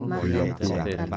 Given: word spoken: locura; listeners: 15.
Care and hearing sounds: one Spanish word in noise, from a listening test; four-talker babble; 0.5 dB; 0 of 15; 12 of 15; 0.77 s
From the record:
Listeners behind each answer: 12, 2, 1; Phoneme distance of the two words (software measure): 44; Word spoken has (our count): 3 syllables, 6 phonemes, stress on syllable 2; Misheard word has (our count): 2 syllables, 4 phonemes, stress on syllable 1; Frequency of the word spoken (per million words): 24.50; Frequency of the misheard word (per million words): 73.67

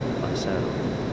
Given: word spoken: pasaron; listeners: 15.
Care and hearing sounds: one Spanish word in noise, from a listening test; speech-shaped noise; -5.7 dB; 1 of 15; 6 of 15; 0.73 s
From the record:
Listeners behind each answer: 6, 4, 1, 1, 1, 1, 1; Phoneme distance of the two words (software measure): 17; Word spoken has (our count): 3 syllables, 7 phonemes, stress on syllable 2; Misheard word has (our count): 3 syllables, 6 phonemes, stress on syllable 2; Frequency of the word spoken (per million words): 29.45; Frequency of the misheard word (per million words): 462.01

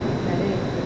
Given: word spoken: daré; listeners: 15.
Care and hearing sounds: one Spanish word in noise, from a listening test; speech-shaped noise; -5.2 dB; 0 of 15; 8 of 15; 0.46 s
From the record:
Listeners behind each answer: 8, 1, 1, 1, 1, 1, 1, 1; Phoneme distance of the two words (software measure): 17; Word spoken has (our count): 2 syllables, 4 phonemes, stress on syllable 2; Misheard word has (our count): 3 syllables, 5 phonemes, stress on syllable 2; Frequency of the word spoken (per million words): 4.23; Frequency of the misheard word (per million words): 73.51

